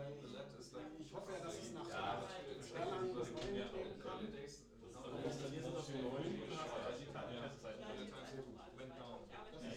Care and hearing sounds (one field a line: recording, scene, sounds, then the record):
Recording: everyday scene through a hearing-aid microphone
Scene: many people talking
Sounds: many voices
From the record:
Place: bistro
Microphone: in the ear canal, left